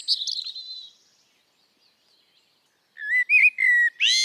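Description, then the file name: Common blackbird song: a high warbling burst of notes, a pause, then a run of clear whistled notes ending in a rising note. "Turdus merula"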